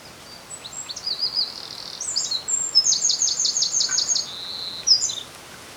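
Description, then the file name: Eurasian wren song: a loud, very high, rapid run of trills and fast repeated buzzy notes, with a few sharp notes at the end. "Troglodytes troglodytes"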